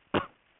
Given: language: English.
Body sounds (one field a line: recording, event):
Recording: throat vibration sensor signal played as sound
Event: cough